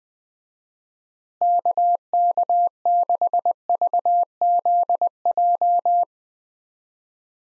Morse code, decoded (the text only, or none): KK6VZJ